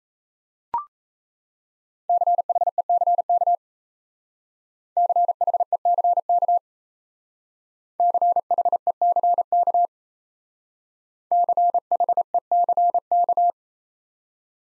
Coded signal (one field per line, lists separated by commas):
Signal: Morse code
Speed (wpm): 33 wpm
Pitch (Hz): 700 Hz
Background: none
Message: CHECK CHECK CHECK CHECK